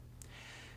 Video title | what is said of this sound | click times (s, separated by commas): Canon T6s Instructional Guide By QuickPro Camera Guides | insert the card until it clicks into place and close the card slot cover | 0.2 s